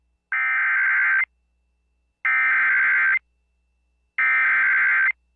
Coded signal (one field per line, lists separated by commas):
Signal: Emergency Alert System (SAME) tones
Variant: header bursts